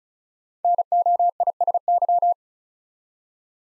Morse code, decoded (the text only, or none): NOISY